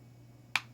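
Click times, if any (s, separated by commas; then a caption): 0.6 s. The spring-loaded idler lever in the extruder of a Replicator Mini 3D printer is pushed until it clicks into place at 0.6 s with a single sharp, bright click over a low steady hum. The lever is seated so that it engages the drive wheel.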